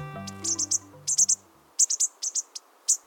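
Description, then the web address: Bushtit calls: bursts of tiny high chips in short groups, while low sustained musical tones play during the first moments and then stop. "Birdnote. Bushtits"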